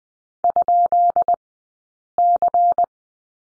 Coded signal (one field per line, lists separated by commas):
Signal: Morse code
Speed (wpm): 19 wpm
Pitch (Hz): 700 Hz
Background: none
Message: ?C